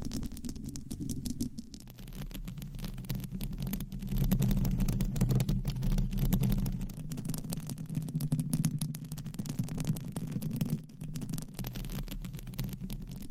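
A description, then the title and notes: Microphones are scratched and rubbed, making a dense, continuous rumbling scrape that sits mostly low with a muffled, throbbing quality. Crackly ticks flicker through the upper range throughout. It grows louder and busier from about four to seven seconds, dips briefly near eleven, then continues. ASMR Mic Scratching - Brain Scratching with 9 Mics & DIY Mic Covers No Talking.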